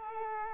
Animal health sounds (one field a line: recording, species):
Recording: mosquito wingbeat signal from an infrared sensor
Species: Culex quinquefasciatus